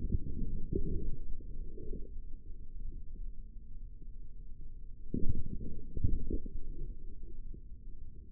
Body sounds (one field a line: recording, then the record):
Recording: forearm muscle sounds (acoustic myography)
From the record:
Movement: forearm pronation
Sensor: system 3, bracelet of six PUI Audio POM-2738L microphones around the upper forearm, with dedicated amplification and filtering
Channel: 6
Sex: male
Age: 55 years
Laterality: right